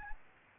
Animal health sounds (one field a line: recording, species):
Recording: mosquito wingbeat signal from an infrared sensor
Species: Aedes albopictus